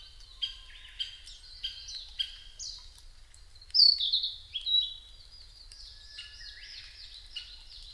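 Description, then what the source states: Narcissus flycatcher song of clear high whistled notes, some stepped and some slurred, in a run of separate phrases with one louder falling whistle midway. Recorded on 5 May 2008 at 07:22.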